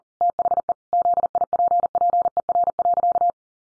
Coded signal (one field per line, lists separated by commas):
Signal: Morse code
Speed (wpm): 40 wpm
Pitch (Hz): 700 Hz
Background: none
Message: THE ZIPPER.